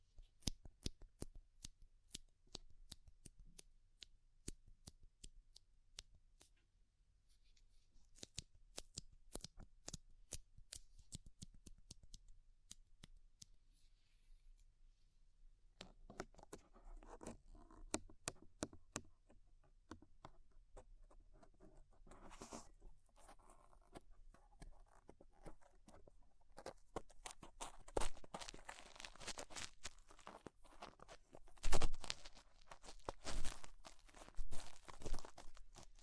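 Ear cleaning with rhinestone and clay removal, heard as sharp little clicks and crisp scrapes that come in quick, uneven bursts. The first half is sparse, with clicks spread through quiet gaps. After about 16 seconds a denser rustling fills in, and a few louder scratches stand out near 31 seconds.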